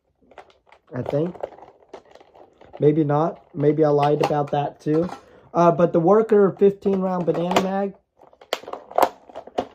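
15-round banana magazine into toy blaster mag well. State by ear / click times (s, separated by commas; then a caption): seated / 8.5 s. Someone talks, then pushes a 15-round banana-style foam dart magazine into the mag well of an Air Warriors Pixelator toy blaster, a blaster reviewed as an absolute piece of garbage. After the talking stops, several sharp plastic knocks follow, with the magazine seating at 8.5 s. The magazine fits and locks in place.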